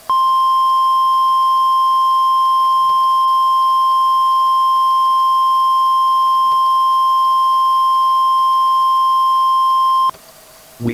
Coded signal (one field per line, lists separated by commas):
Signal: Emergency Alert System (SAME) tones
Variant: 1050 Hz attention tone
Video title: Christmas: A Time for Fear | An EAS Scenario